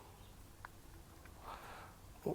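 A plastic micro SD card is pushed into the bottom card slot of a camera from a different angle. It gives a sharp, short click at 0.6 s as it locks in. A fainter tick follows at 1.3 s, then quiet handling noise, and the card is seated.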